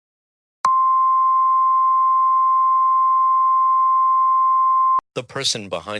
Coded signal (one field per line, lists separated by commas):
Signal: Emergency Alert System (SAME) tones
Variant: 1050 Hz attention tone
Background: speech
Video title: The Hack - EAS Scenario 2